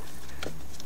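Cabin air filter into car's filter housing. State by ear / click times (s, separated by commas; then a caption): not seated / none. A cabin air filter, or its plastic cover, is handled while being pushed into a car's filter housing, with a steady low hum underneath. Two brief, sharp handling sounds occur at about 0.4 s and 0.8 s. Nothing has seated or clicked yet.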